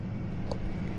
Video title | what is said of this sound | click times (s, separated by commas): This Dodge Challenger Hellcat Put Up a Fight! | until it clicks into place | 0.5 s